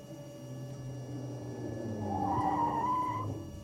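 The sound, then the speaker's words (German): A car engine rumbles low, then tires screech in a wavering high squeal for about a second as the vehicle skids, the noise swelling loudly before cutting off. “Jetzt wäre er fast um das Auto gekommen.”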